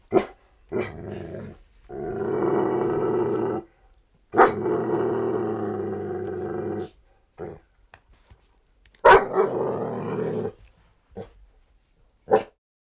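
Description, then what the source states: Dog snarling in long, rough, steady growls between sharp barks, ending with a few isolated barks. Large dog barking with light snarling.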